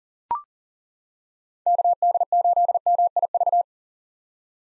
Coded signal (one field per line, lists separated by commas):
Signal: Morse code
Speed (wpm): 37 wpm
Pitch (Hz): 700 Hz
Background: none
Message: KD8MIV